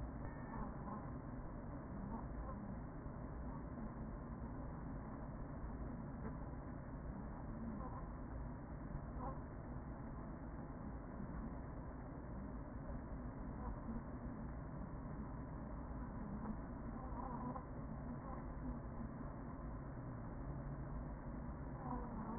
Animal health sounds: honeybee colony, microphone inside the hive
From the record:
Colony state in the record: queen present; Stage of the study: after two queens were removed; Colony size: about 40,000 bees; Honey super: no

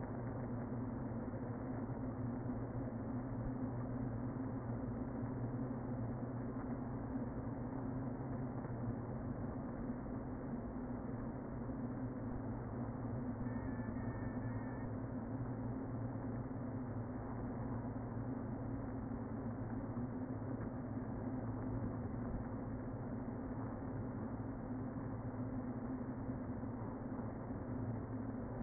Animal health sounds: honeybee colony, microphone inside the hive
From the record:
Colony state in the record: queen present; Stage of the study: before two queens were removed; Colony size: about 60,000 bees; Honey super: yes

